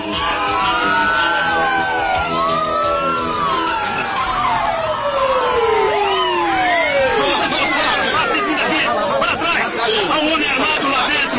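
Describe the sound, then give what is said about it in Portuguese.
Several ambulance and police car sirens approach, wailing at once, their rising and falling tones overlapping into a dense, loud tangle, while a crowd murmurs and chatters underneath throughout. “Temos a ambulância e o carro de polícia se aproximando.”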